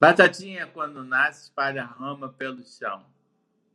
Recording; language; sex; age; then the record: short text; Brazilian Portuguese; male; 50 to 59 years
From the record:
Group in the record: control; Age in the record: 58 years